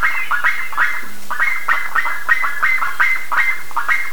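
Bird calls, a steady series of short, clipped nasal notes.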